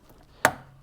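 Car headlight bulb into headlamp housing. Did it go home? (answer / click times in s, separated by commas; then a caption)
yes / 0.5 s. A replacement headlight bulb on a Volkswagen Golf TSI is pressed and twisted into the headlamp housing. A single sharp, loud click sounds at 0.5 s and fades quickly over a low background hum. The bulb is seated in position.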